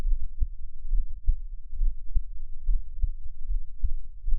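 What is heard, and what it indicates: Soft, muffled low thumps of an adult heartbeat repeat at about 69 beats a minute, with a low hum underneath. It is an ordinary heartbeat heard close up for relaxing ASMR listening, best on headphones, with no talking.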